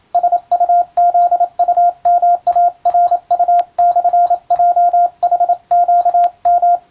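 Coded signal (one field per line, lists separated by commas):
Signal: Morse code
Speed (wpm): 27 wpm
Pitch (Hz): 700 Hz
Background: radio noise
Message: SUZUMARU/JHQM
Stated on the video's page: English Morse practice for the Japanese radio operator exam, sent by a first-class radiotelegraph operator.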